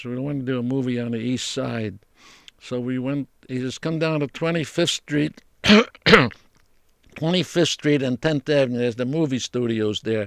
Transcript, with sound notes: "We want to do a movie on the eastside." So we went, he says, "Come down to Twenty-fifth Street. (he coughs) Twenty-fifth Street and Tenth Avenue." There's the movie studios there.